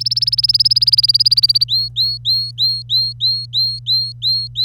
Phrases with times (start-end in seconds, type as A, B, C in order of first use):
0.00-1.65 A, 1.69-4.64 B